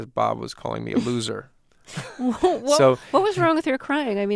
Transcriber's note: laughter